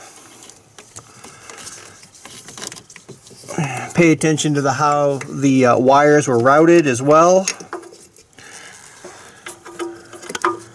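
A replacement plastic-bodied exhaust camshaft position sensor for a Chevy Equinox with code P0013 (sensor not responding) is handled near its bore in the engine cylinder head behind the firewall. Someone talks through the middle of the clip, with light taps and small knocks of handling before and after, including a sharper knock near the end. Nothing has seated or clicked yet.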